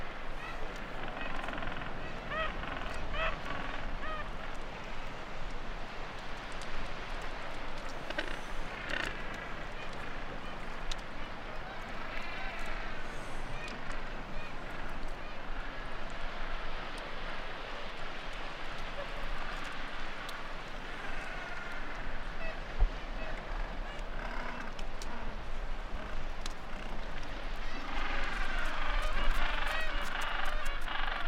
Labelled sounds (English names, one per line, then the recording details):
Gentoo Penguin call
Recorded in the wild
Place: Georges Point, Antarctica, AQ
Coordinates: -64.4, -62.4
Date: 2018-12-24
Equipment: Olympus LS-100, Sennheiser ME66
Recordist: Beaulieu, Michaël